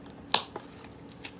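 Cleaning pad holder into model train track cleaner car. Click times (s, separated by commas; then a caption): 0.3 s. A plastic cleaning-pad holder is slipped onto a model train track cleaning car and pressed until it snaps into place, with a sharp, bright click at 0.4 s. Two fainter ticks follow at about 0.6 s and 1.3 s. The holder is seated.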